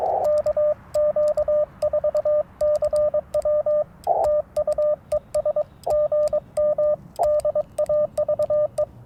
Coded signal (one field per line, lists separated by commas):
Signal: Morse code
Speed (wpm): 22 wpm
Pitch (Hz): 600 Hz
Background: radio noise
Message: KQ4CW TU ES GM DAVE